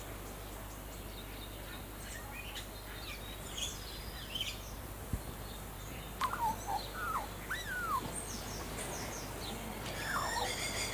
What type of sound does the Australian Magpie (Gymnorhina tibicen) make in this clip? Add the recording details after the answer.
song. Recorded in captivity. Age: adult. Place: Zoo Berlin, Berlin, DE. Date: 2004-05-24 13:50. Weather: overcast, 13°C. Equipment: Sony WM-D6C, Sennheiser ME 80, Kopie Uher 4000 Report Monitor. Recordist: Tembrock, Günter. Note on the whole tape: Weißrücken-Flötenvogel (G.t.hypoleuca)